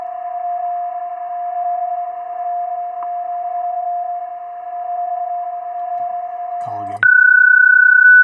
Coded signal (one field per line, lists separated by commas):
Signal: PSK31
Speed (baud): 31.25 baud